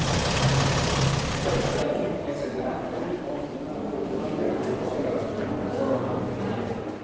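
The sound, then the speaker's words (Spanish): A bus engine idles with a steady, low, throbbing rumble that holds at an even loudness throughout, opened by a brief burst of broad hiss in the first couple of seconds. “Pero también puedes hacer otras cosas, por ejemplo, coger un autobús, este que suena, y viajar hasta el pasado, a la cuna del castellano.”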